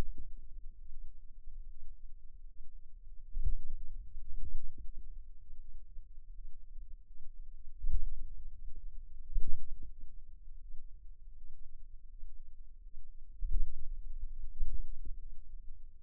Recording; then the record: forearm muscle sounds (acoustic myography)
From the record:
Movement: finger pinch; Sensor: system 2, bracelet of six BSWA MPA416 microphones around the upper forearm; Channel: 6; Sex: female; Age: 23 years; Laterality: right